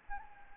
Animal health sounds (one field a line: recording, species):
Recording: mosquito wingbeat signal from an infrared sensor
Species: Anopheles gambiae